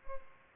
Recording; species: mosquito wingbeat signal from an infrared sensor; Culex pipiens